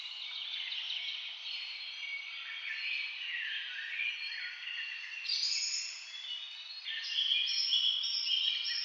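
Birds twitter in a steady high chorus, growing brighter and louder toward the end with clearer whistled notes.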